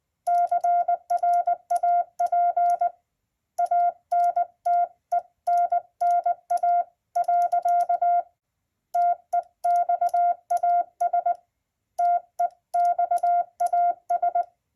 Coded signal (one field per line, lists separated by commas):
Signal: Morse code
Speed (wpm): 20 wpm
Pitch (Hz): 700 Hz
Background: none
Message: CRAP ANTENNA. TEXAS TEXAS